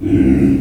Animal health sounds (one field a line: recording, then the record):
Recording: squeal of a Yucatan mini pig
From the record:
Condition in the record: after surgery on the right vocal fold (resection and tissue-engineered implant)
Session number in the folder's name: 1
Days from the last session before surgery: 13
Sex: female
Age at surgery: 19 weeks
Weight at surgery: 25 kg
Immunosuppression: prednisolone